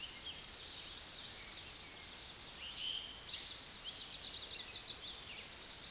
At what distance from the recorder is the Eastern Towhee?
about 15 m